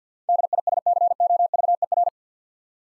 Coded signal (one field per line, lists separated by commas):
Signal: Morse code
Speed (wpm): 50 wpm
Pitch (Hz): 700 Hz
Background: none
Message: DISCOVER